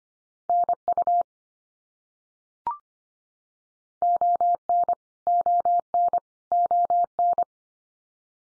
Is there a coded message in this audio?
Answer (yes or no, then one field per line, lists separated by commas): yes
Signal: Morse code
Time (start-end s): 0.5-7.4 s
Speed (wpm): 25 wpm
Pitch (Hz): 700 Hz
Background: none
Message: NU ON ON ON